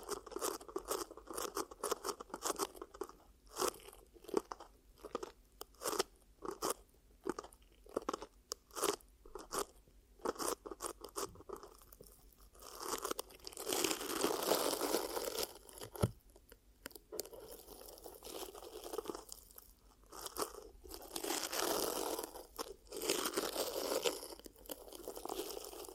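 Ear cupping triggers: hands rub and press over the ears in quick, crunchy, crinkling bursts for the first dozen seconds. Around thirteen seconds the rubbing turns into a longer, fuller hiss, briefly stops near sixteen seconds, then returns as softer, steadier swishing.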